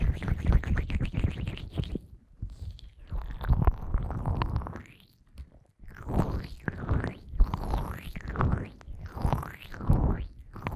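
Fast, intense ear massage with cream: dense, wet rubbing and squishing strokes with a low, muffled rumble underneath. Brief lulls come near two and five seconds, then the rubbing returns in quick, regular swishing sweeps, roughly one per second.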